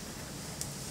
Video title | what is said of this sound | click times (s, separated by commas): Air Polishing | going to push it down all the way until it clicks into place | 0.6 s